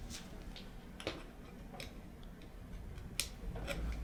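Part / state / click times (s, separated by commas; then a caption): locking cap of a shielded RJ45 connector on a Cat 7 cable / seated / 3.2 s. A pair of pliers squeezes the metal locking cap of a shielded RJ45 connector onto a Cat 7 cable. A few faint ticks come first, then a sharp click at 3.2 s as the cap locks onto the cable. The connector is seated.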